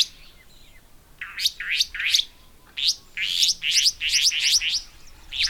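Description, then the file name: Restless flycatcher making scratchy rising rasps, a few spaced notes at first, then a fast run of repeated buzzy strokes. "Myiagra Inquieta"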